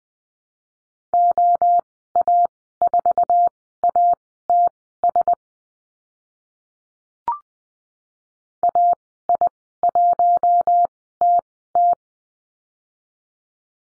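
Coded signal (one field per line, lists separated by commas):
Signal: Morse code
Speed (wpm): 20 wpm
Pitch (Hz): 700 Hz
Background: none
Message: OA4ATS AI1TT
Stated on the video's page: Morse course lesson on letter H and call signs at Farnsworth speed 20/10 wpm.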